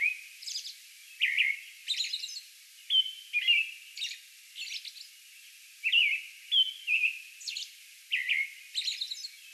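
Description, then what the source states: American robin singing warbled phrases alternating with high scratchy hisselly notes, in a continuous series. Song bout recorded May 11.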